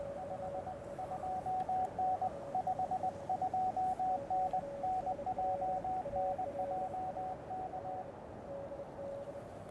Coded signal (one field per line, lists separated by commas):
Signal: Morse code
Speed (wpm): 20 wpm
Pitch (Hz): 750 Hz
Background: radio noise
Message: 52N 52N NJ NJ K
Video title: QRP and Friends: A Two-Fer POTA Activation with Brian (K3ES)!